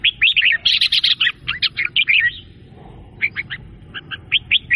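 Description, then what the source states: Sooty-headed bulbul song, a fast run of bubbly chirping notes for over two seconds, a pause of about a second, then shorter clipped phrases of two to three notes. Local name kutilang; described as gacor.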